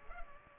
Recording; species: mosquito wingbeat signal from an infrared sensor; Culex pipiens